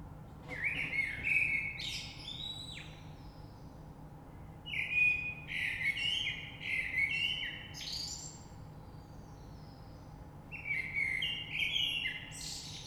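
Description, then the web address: Common blackbird singing three separate phrases, each a rich fluty warble followed by a thin, high twittering end, spaced by pauses of a few seconds. Recorded 3 March 2020. "oiseaux Rush Merle 3-3-2020"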